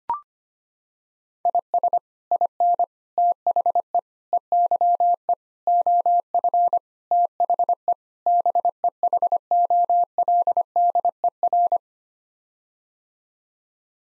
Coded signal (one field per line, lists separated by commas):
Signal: Morse code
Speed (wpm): 25 wpm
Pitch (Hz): 700 Hz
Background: none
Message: IS IN THE EYE OF THE BEHOLDER